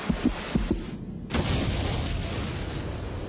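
A heavy heartbeat, a heart beating harder and harder, thumps in low double beats, two quick lub-dub pairs, before a sudden surge of deep, rushing rumble swells up and carries on under it.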